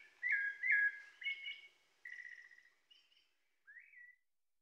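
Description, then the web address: Rufous-bellied thrush song, fluty whistled notes and slurs, loud at first and then thinner, fading phrases ending in a short rising whistle. Pantanal, Brazil. "sescpantanal. Sabia laranjeira"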